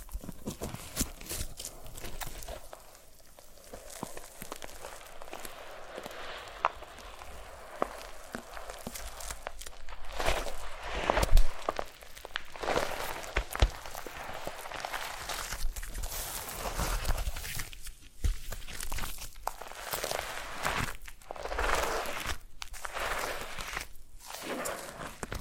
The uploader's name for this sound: Foam Massage